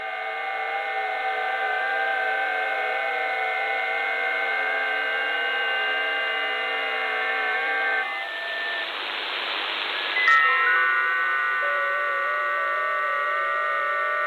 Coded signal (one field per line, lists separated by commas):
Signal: FT8